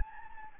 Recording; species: mosquito wingbeat signal from an infrared sensor; Anopheles gambiae